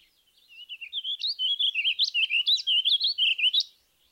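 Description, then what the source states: Warbling Vireo song: a continuous, rambling warble of rapid slurred notes, evenly paced for about three seconds. Song has an evenly measured tempo, much like the purple finch but less lively; most phrases end with a distinct upward pitch; drab-looking bird.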